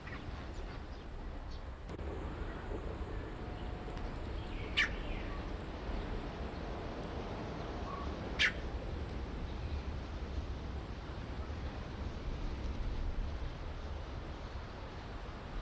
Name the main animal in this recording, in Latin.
Cacicus haemorrhous